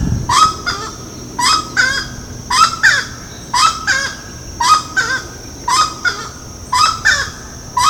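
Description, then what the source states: Grey-cowled wood rail giving loud harsh doubled honks, repeated evenly about once a second. Ibirapuera, São Paulo, Brazil, 6 December 2012.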